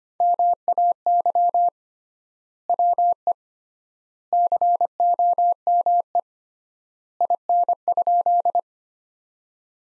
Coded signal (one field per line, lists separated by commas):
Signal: Morse code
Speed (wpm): 25 wpm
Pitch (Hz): 700 Hz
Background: none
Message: MAY WE COME IN?